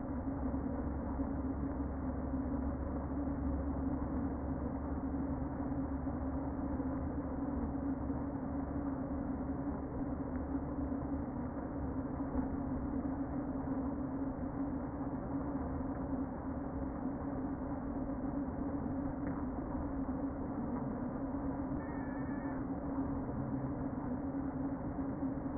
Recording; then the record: honeybee colony, microphone inside the hive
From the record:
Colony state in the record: queen present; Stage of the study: before two queens were removed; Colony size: about 60,000 bees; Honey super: yes